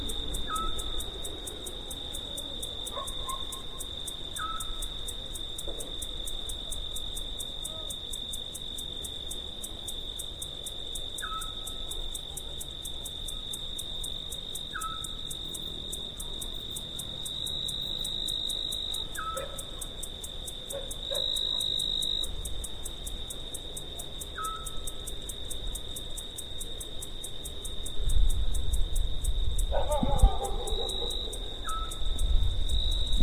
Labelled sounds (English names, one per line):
Eurasian Scops Owl song